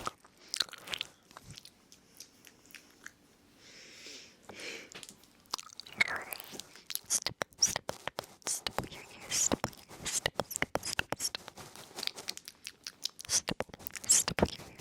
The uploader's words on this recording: ASMR Ear Noms & Brushing for Tingle Immunity 100% Tingles Mouth Sounds Christmas ASMR.